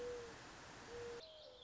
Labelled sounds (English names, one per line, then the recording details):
Mourning Dove
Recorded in Sonoma County, California